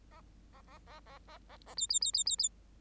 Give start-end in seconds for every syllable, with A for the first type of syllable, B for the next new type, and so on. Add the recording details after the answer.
0.53-0.61 A, 0.67-0.78 A, 0.86-1.00 A, 1.06-1.18 A, 1.27-1.38 A, 1.49-1.57 A, 1.66-1.74 A, 1.77-1.87 B, 1.89-1.99 B, 2.01-2.12 B, 2.13-2.24 B, 2.26-2.36 B, 2.38-2.49 B. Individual Bird8